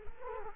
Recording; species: mosquito wingbeat signal from an infrared sensor; Culex quinquefasciatus